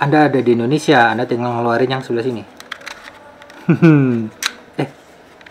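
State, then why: Not seated. Someone talks while handling the fold-out plug prongs of a 33-watt travel charger body, sliding them out toward the point where they lock. Between the speech, brief sharp handling ticks and small taps are heard. Nothing has seated or locked yet by the end of the clip.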